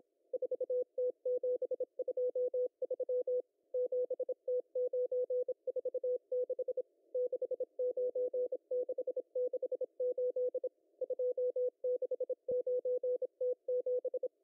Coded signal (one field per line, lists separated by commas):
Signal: Morse code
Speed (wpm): 25 wpm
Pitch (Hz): 500 Hz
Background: none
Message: 4T723 7T946 69668 269T7